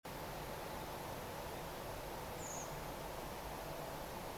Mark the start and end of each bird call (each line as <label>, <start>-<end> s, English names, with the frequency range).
Redwing (5.9-8.2 kHz), 2.37-2.66 s